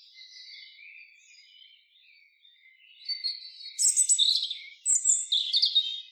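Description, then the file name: European robin song: faint thin warbling for three seconds, then louder high, varied trills and sliding whistled notes in quick bursts from the fourth second on. "Erithacus rubecula"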